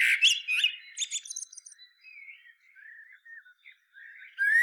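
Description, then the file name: Common blackbird giving a brief burst of high squeaky notes, followed by soft, low warbling, then a final rising squeak. "Turdus merula"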